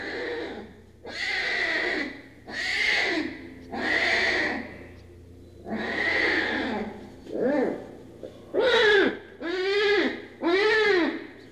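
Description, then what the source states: Tiger cub crying with long, wavering, nasal wails, later turning into shorter arched cries, over a steady low hum. Tiger cub, in a cage.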